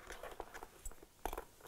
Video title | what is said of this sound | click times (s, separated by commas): How to install the Sena SRL 2 in the Shoei Neotec 2 - ChampionHelmets.com | can snap in the console or rather the panel first here is again | 1.3 s